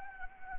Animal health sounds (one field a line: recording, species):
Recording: mosquito wingbeat signal from an infrared sensor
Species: Anopheles gambiae